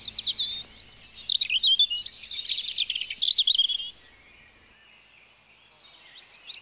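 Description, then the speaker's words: European robin singing a rapid, high, tinkling phrase of thin whistles and trills, then a short pause before a faint new phrase begins. "Das war der Gesang des Rotkehlchens."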